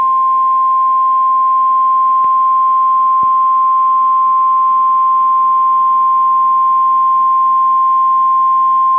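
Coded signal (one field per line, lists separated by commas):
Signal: Emergency Alert System (SAME) tones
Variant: 1050 Hz attention tone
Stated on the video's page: Required weekly test on a NOAA weather radio transmitter.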